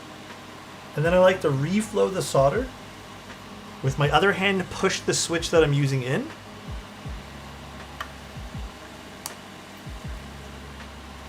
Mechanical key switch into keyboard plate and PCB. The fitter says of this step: and then refflow And that can make the switch, you can kind of hear it snap.